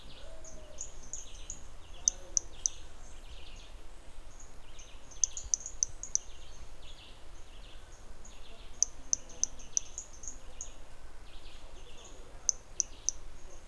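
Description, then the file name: Hermogenes's toadlet producing brief high-pitched ticking notes in small clusters, repeated throughout against a steady noisy background. Individual 1 at Trilha do Ipiranga; starting notes of the call, with an interruption; recording in the MHNCI collection. "MHNCI Brachy hermogenesi Trilha do Ipiranga ind 1 e unknown starting notes with interruption"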